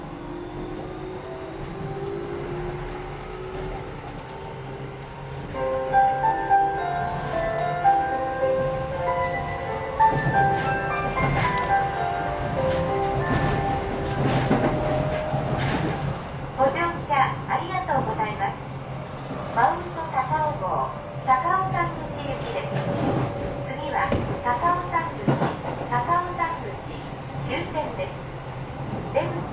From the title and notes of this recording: 京王5000系 ＂Mt TAKAO(マウント高尾)-01号＂. 新宿～高尾山口. The Keio 5000 series is a commuter vehicle that can also be used as a paid train. It is a train running sound (still image) of "Mt TAKAO-01", which is the fastest train of the vehicle.